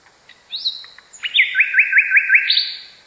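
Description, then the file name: Nightingale song: a high whistled note, then a quick run of about five looping, hooked notes repeated at an even pace before a final high whistle. "kicauan nightingale. omkicau"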